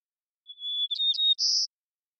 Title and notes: White-crowned Sparrow, Zonotrichia leucophrys, long performance with repeated song, parabolic recording, clean-processed for clarity, natural pace, rhthym, and dynamics maintained, family: New World Sparrows Recorded in the beautiful Pacific Northwest, Washington, United States